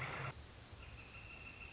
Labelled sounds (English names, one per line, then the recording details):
Northern Flicker
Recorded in Sonoma County, California